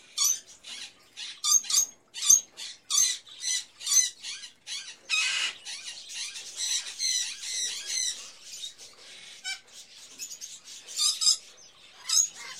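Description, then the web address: Birds calling in a dense chorus, harsh high squawks and chirps overlapping in quick bursts, with a steady chatter throughout. Various birds in a pet shop, ambience. "Sound Ideas Series 2000 Birds, Various Birds In A Pet Shop, Ambience"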